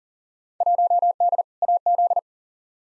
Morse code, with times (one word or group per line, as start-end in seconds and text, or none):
0.6-1.4 1D
1.6-2.2 AZ